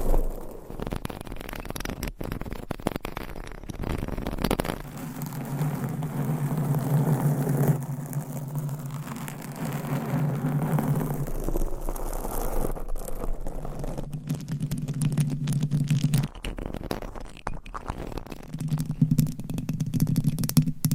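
Dense scratching and brushing fills the clip, broken by sharp taps and clicks. A low, steady buzz like a small motor runs from about five to twelve seconds, then returns in shorter stretches near fifteen seconds and at the end.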